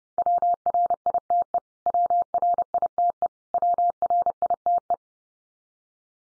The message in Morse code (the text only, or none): WRITE WRITE WRITE